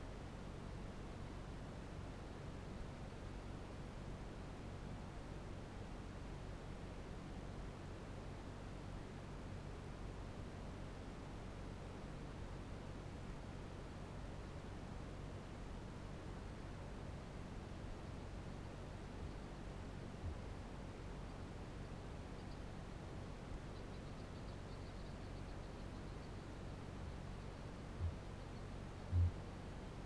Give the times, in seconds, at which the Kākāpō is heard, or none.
27.81-28.33, 28.97-29.53